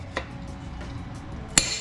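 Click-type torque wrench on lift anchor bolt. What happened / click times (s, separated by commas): The torque wrench clicked at its setting / 1.6 s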